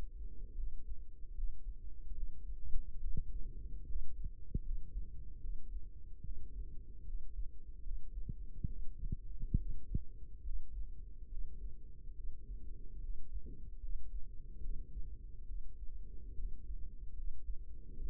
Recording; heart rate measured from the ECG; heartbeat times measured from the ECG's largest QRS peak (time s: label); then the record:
heart sounds by microphone in the right ear; 72 bpm
0.54 s: heartbeat
1.34 s: heartbeat
2.14 s: heartbeat
3.00 s: heartbeat
3.86 s: heartbeat
4.62 s: heartbeat
5.40 s: heartbeat
6.22 s: heartbeat
7.04 s: heartbeat
7.82 s: heartbeat
8.66 s: heartbeat
9.56 s: heartbeat
10.42 s: heartbeat
11.28 s: heartbeat
12.14 s: heartbeat
12.99 s: heartbeat
13.79 s: heartbeat
14.60 s: heartbeat
15.45 s: heartbeat
16.34 s: heartbeat
17.14 s: heartbeat
17.93 s: heartbeat
From the record:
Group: healthy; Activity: rest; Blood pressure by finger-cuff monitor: 108/65 mmHg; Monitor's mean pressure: 81 mmHg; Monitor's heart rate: 71 bpm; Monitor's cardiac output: 5.9 L/min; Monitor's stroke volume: 82 mL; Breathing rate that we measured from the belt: 19 breaths a minute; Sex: male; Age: 35 years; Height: 178 cm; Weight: 64 kg